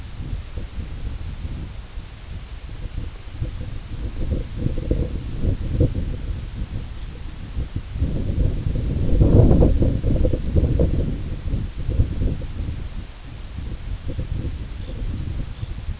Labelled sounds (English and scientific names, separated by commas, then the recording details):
Red Phalarope (Phalaropus fulicarius)
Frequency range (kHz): Red Phalarope (Phalaropus fulicarius) 2.8-4.2 kHz
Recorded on Arctic tundra, site IGLO-A, on 16 June 2018
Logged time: 13:59